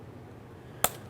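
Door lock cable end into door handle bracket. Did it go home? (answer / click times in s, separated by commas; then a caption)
yes / 0.8 s. The grooved end of a door lock cable on a 2013–2020 Ford Fusion front door slides into its plastic door handle bracket and snaps in with one sharp click at 0.8 s. Low, steady background noise surrounds the click, and the cable end is seated in the bracket.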